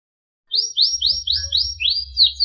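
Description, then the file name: Canary song: several quick sweeping high notes followed by a longer slurred phrase, with a low rumble of background noise underneath. Sekar Jagad variety of canary. "kenari sekar jagad"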